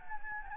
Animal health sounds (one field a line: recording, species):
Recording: mosquito wingbeat signal from an infrared sensor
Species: Anopheles gambiae